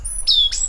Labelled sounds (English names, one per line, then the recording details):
Stitchbird song
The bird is a male
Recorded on Tiritiri Matangi Island, New Zealand, in 2005
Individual 12, of nest box 16